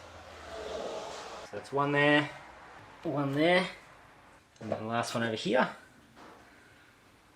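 While fitting a budget cold air intake in the engine bay of an Audi S3/Golf R, the last of three rubber mounts is handled at its intake mounting point as someone talks over low background noise. Nothing has clicked or seated yet; the clip ends before the mount goes home.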